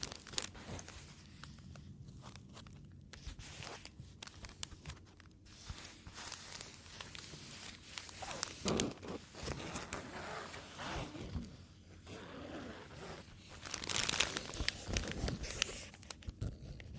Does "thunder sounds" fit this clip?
no